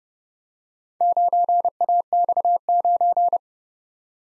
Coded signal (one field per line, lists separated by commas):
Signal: Morse code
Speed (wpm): 34 wpm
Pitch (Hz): 700 Hz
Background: none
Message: 9AX9